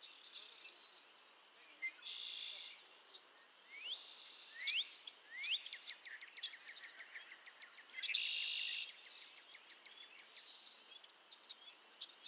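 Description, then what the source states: A frog chorus: thin rising peeps cluster midway among a few loud harsh buzzing bursts. Chorus of frogs crooning to one another on a summer evening, Miners Marsh, Annapolis Valley, Nova Scotia.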